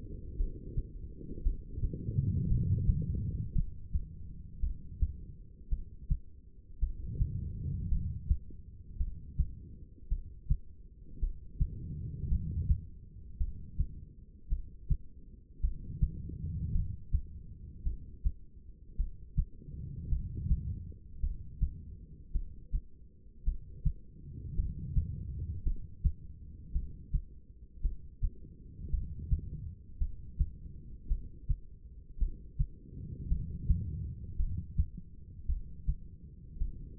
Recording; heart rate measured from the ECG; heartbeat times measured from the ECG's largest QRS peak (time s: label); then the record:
heart sounds by stethoscope; 55 bpm
0.36 s: heartbeat
1.42 s: heartbeat
2.47 s: heartbeat
3.52 s: heartbeat
4.60 s: heartbeat
5.69 s: heartbeat
6.79 s: heartbeat
7.88 s: heartbeat
8.97 s: heartbeat
10.08 s: heartbeat
11.19 s: heartbeat
12.28 s: heartbeat
13.37 s: heartbeat
14.48 s: heartbeat
15.60 s: heartbeat
16.72 s: heartbeat
17.83 s: heartbeat
18.96 s: heartbeat
20.09 s: heartbeat
21.20 s: heartbeat
22.32 s: heartbeat
23.44 s: heartbeat
24.55 s: heartbeat
25.63 s: heartbeat
26.72 s: heartbeat
27.81 s: heartbeat
28.90 s: heartbeat
29.98 s: heartbeat
31.07 s: heartbeat
32.18 s: heartbeat
33.28 s: heartbeat
34.36 s: heartbeat
35.46 s: heartbeat
36.58 s: heartbeat
From the record:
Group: heart failure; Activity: rest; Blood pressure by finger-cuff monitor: 86/63 mmHg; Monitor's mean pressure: 71 mmHg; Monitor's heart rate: 54 bpm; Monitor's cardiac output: 2.7 L/min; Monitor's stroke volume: 49 mL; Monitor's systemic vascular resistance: 1860 dyn s/cm5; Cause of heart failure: non-ischemic cardiomyopathy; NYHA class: 1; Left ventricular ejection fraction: 52%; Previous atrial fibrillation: present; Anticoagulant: apixaban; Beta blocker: bisoprolol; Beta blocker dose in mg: 10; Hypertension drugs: sacubitril-valsartan, spironolactone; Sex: female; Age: 68 years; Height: 169 cm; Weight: 71 kg